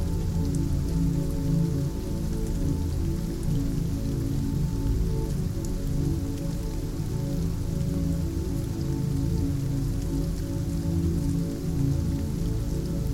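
Rain falls steadily throughout, a dense, even patter that never lets up. The sound is weighted low, with a full rumbling body and thin ticks of individual drops scattered above it. Loudness stays level for the whole stretch.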